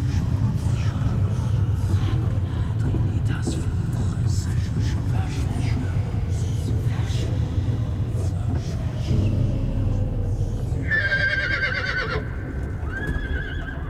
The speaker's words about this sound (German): Der uralten Kathedrale des heiligen Simeon scheuen die beiden schwarzen Pferde. Ihr teuflisches Gewieher zerreißt den frühen Morgen in blutige Fetzen.